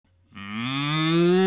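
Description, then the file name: Cow mooing, a single low harmonic moo that begins abruptly and swells steadily louder, rising slightly in pitch before being cut off. "Koe"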